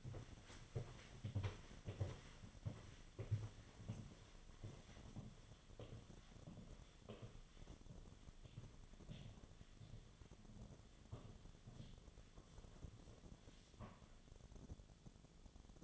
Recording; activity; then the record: daily activity, microphone in the room; walk to room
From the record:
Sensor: 4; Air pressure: 1011.0 hPa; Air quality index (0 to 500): 161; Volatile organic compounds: 4 ppm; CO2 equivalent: 1640 ppm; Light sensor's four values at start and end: 42/120/48/50 and 45/126/51/53